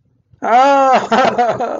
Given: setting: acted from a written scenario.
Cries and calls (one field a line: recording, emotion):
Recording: vocal sound without words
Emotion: positive surprise